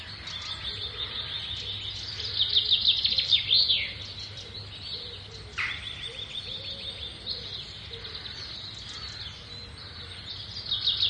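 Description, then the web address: Birds singing: a dense chorus of high, rapid chirps and twitters, rising and falling in intensity, with one sharp downward sweep in the middle. "samyelings. ptaki"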